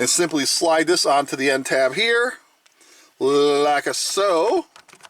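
Someone talks while sliding a rounded plastic track piece onto the end tab of a 2000 McDonald's Zip Skaters Happy Meal toy playset. A few faint, brief handling ticks come in the last quarter second. Nothing has seated or clicked yet.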